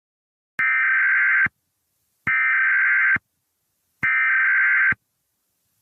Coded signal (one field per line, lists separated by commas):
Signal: Emergency Alert System (SAME) tones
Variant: header bursts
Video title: EAS Scenario #28 Invasion of The Ghost Types